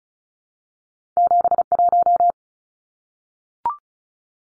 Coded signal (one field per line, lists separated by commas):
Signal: Morse code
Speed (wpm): 34 wpm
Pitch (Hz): 700 Hz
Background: none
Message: 71